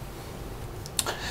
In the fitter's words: So slide it in, then push it down till it clicks.